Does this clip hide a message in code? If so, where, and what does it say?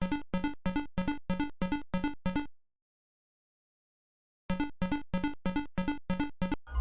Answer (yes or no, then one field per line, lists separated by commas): no